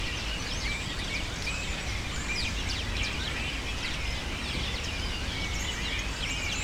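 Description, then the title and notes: Birds calling in a dense chorus, many overlapping short high chirps and screeches without pause over a steady low rumble. Birds taking refuge in cypresses in the recordist's city, screaming without stopping, especially in the afternoon. "Pájaros En La Fábrica. Muchos de los cipreses de mi ciudad se han convertido en el refugio de pájaros que, sobretodo por la tarde, gritan sin parar"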